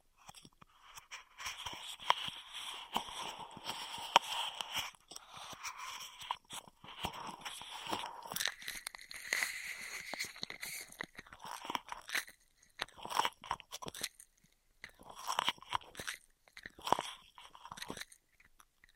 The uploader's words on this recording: ASMR Beat Your Immunity with Intense Straw Triggers (No Talking).